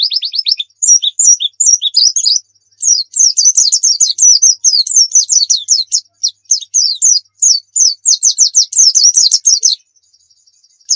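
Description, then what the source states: White-eye song: quick high trill opening into a long sweet twittering warble of rapid downslurred notes, then silence. Pleci Muria (Muria white-eye) singing gacor (persistently); a masteran recording for training pet songbirds to sing.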